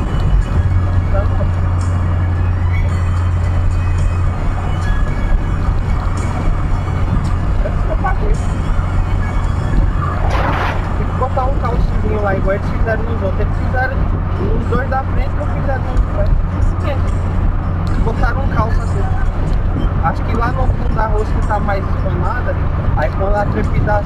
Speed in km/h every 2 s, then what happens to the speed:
103, 101, 102, 103, 103, 102, 102, 102, 102, 102, 102, 101.
0-24 steady at about 102.